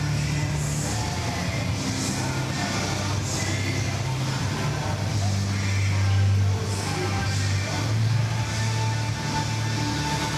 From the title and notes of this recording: A Day at Universal Studios Florida. Audio from the Universal Studios Florida theme park. Walk the park as we journey from attraction to attraction.